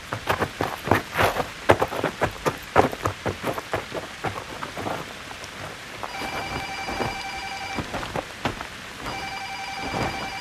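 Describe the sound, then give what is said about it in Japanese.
Heavy rain pours down with loud, irregular cracks and rumbles of thunder, then a telephone starts ringing in two long electronic bursts over the steady downpour. “あ、雨だ。”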